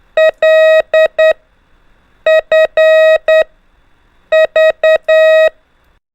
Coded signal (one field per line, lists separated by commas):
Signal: Morse code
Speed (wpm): 9 wpm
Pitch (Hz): 630 Hz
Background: none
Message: LFV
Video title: 6. ( L - F - V ) EASY TO LEARN MORSE CODE BY GROUPINGS W/ INCREASING SPEED 5 MINS A DAY